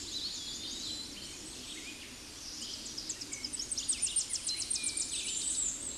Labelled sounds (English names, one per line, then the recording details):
Tennessee Warbler song
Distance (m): 55 m
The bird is about 20 m above the microphone
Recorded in a Pennsylvania forest on 16 May 2024 at 09:46
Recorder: AudioMoth, point MSD-2110
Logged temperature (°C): 16.4 °C
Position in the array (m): 78 m, 203 m